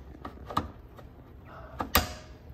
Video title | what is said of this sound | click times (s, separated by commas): HOW TO REPLACE THE ENTIRE COOLING SYSTEM ON THIS BMW! (E9x Ultimate Cooling System DIY) | and as you see once again you heard the audible click but the clip is not fully seated push it in | 1.9 s